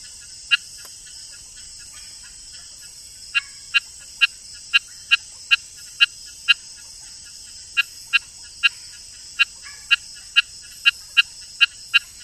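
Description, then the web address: Rain frog giving sharp clicky notes, a single one at first, then two runs of evenly spaced clicks separated by a short pause, with a constant high-pitched insect hum behind. Ecuadorian Amazon, South America. "Natures Songs. Frogs of Ecuadorian Amazon Eleutherodactylus sp"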